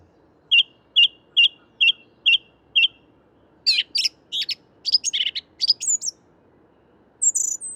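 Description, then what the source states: Song Thrush song with six quick identical whistled notes, followed by a fast jumble of high scratchy and squeaky notes, then a thin high whistle, soft hum beneath. Recorded at dawn, 5 March 2021, in a Paris park woodland, mono via Nagra recorder and parabolic microphone; song higher than blackbird's, phrases of notes repeated 3–6 times, faster rhythm.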